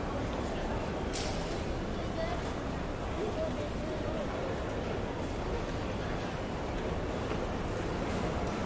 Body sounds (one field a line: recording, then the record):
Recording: background sound without coughing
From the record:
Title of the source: Train Station Sounds Paris